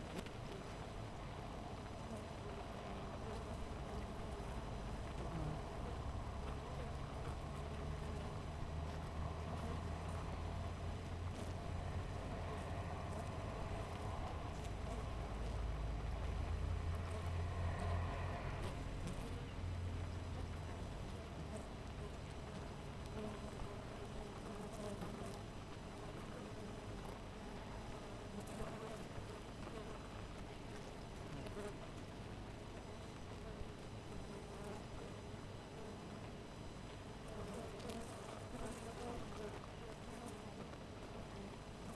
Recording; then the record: honeybee colony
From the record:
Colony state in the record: missing queen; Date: 14 July 2017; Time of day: 6:07